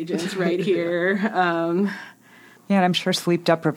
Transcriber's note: laughs